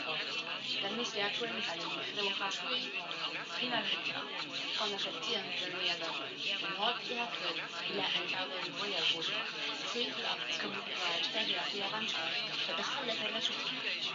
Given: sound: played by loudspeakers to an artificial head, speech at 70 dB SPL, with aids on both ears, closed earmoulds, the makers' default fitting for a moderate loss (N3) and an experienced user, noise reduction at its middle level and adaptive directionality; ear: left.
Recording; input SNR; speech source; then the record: speech test signal (ISTS) in cocktail-party noise; 0 dB; on the right (90 degrees)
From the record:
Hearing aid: class 1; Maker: G